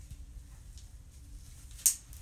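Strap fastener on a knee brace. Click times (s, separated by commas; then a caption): 1.9 s. Strap number three on a Corflex Stride OA knee brace is snapped into its fastener just above the knee, with a sharp, bright click at 1.9 seconds over a quiet low background hum. The strap is seated in place.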